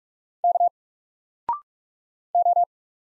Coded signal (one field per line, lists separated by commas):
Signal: Morse code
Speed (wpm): 44 wpm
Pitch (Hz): 700 Hz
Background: none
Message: K O